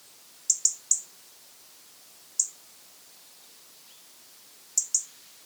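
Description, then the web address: European robin ticking calls, sharp high clicks in a quick triple, then a single tick, then a pair near the end; otherwise quiet background hiss. "SETE Erithacus rubecula"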